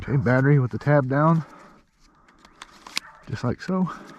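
A flight battery is slid tab-down into the rear battery bay of an HT70 drone while someone talks, with a few faint ticks and light handling noises during the pause in speech. Nothing has seated or clicked yet; the clip ends before the battery latches.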